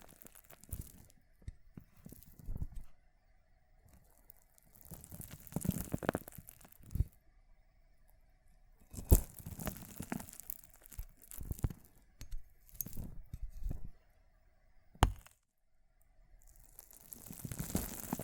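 Water beads being crushed and squished in bursts of crackling, crunchy, wet-sounding texture, with short pauses between handfuls. Sharp snaps stand out near 9 and 15 seconds, and the crunching swells again toward the end. A faint steady hum sits underneath.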